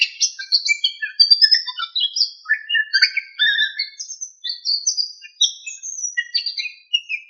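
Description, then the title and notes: Bird delivering a busy, varied stream of whistles and chirps, jumping quickly between pitches with barely any pause. Indonesia. "Kicau Burung Indonesia"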